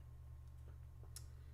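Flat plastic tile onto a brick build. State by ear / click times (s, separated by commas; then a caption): not seated / none. A flat plastic LEGO tile is pressed onto a brick build, giving a few faint soft taps and one brief sharp tick near 1.2 s over a steady low hum. The tile won't snap down, and nothing has seated or clicked yet.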